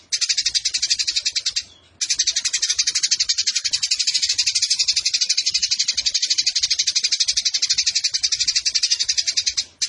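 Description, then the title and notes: Eurasian tree sparrow delivering a long, harsh run of rapid high chirps after a short early pause, with another brief break just before the end. Sparrow in fighting mode ('tarung') with long continuous bursts ('nembak panjang') and a clear voice, used as masteran training for competition birds. "GEREJA TARUNG NEMBAK PANJANG SUARA JERNIH MASTERAN WAJIB BURUNG LOMBA. Burung Gereja"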